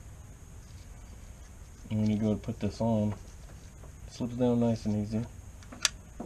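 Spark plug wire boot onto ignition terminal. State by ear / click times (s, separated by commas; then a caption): seated / 5.9 s. A rubber spark plug wire boot with a little dielectric silicone inside is pushed down over the ignition terminal, sliding on easily while someone talks. A sharp click at 5.9 seconds shows the boot has snapped home and seated on the terminal.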